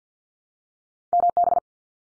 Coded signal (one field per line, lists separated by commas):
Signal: Morse code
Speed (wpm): 48 wpm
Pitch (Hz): 700 Hz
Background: none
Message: MB